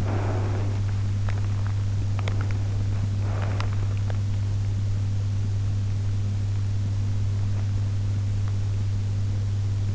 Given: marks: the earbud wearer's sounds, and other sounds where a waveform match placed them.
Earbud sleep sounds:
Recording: sounds in sleep by an in-ear microphone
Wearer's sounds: breath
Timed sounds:
0.00-4.57 s: breath

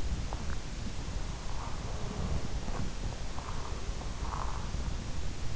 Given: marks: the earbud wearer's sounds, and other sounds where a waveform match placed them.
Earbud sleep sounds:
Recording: sounds in sleep by an in-ear microphone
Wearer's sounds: swallowing, breath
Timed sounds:
0.00-0.57 s: swallowing
1.24-3.05 s: breath

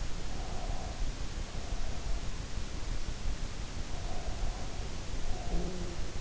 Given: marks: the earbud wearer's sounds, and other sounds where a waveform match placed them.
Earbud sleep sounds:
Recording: sounds in sleep by an in-ear microphone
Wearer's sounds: breath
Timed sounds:
0.15-2.39 s: breath
4.01-6.19 s: breath
5.34-6.09 s: sound from someone else or the room

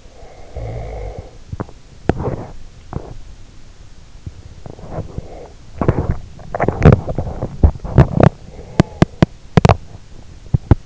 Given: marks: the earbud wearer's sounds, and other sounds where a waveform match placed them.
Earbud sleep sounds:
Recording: sounds in sleep by an in-ear microphone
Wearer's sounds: snoring breath, body movement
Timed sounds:
0.00-1.55 s: snoring breath
1.47-10.86 s: body movement

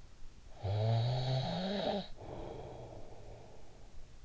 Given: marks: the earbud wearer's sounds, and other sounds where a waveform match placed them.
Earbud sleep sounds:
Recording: sounds in sleep by an in-ear microphone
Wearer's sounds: snoring breath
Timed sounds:
0.20-3.75 s: snoring breath

